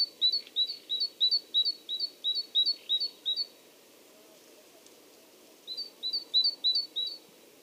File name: Parus major